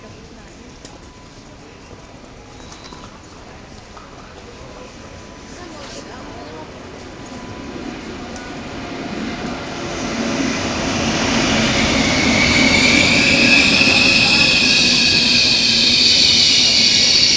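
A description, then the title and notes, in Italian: A train rattles along the line from Verona Porta Nuova toward Milan, its low rumble steady at first and then building in loudness over the last few seconds. From about ten seconds on, bright hissing and squealing wheel tones rise above the clatter and stay to the end. Rotaie. Il treno nell'inverno sferraglia da Verona P. Nuova verso Milano.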